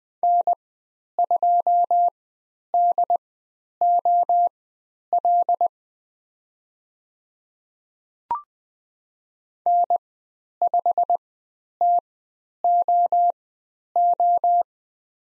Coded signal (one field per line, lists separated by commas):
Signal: Morse code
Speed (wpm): 20 wpm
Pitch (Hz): 700 Hz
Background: none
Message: N2DOL N5TOO